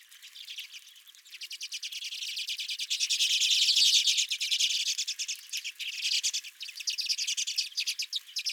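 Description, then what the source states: Redpolls twittering, a rapid rattling chatter building to a loud peak midway, then continuing as quick trills. Redpolls at the recordist's feeder.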